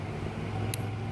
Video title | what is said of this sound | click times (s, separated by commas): My Gerber Silver Knight - traditional lock back gentleman's style folder | way it opens you can just hear it has this nice positive click sound to it when it locks in place | 0.7 s